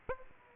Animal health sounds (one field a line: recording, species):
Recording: mosquito wingbeat signal from an infrared sensor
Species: Aedes aegypti